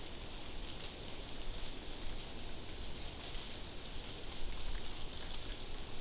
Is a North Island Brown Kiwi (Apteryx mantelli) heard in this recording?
no